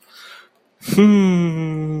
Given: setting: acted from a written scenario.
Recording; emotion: vocal sound without words; serenity